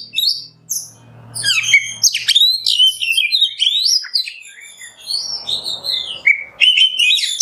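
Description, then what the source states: Oriental magpie-robin delivering a continuous stream of high sliding whistles, sharp chips and scratchy notes that rise and fall quickly. Kacer singing in the 'nembak' song style, on a 'masteran' recording.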